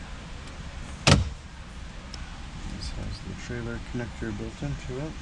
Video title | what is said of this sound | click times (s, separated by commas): Replacing your Dash on your GMC 2011 Denali 2500 Sierra same for 08 -14 Chevrolet Silverado Tahoe | then this just snaps right into here just be gentle with it make sure it lines up properly | 1.1 s